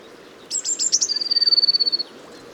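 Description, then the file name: Eurasian blue tit song: several high, thin introductory notes running into a quick even trill lasting about a second, over soft background noise. "Cyanistes caeruleus"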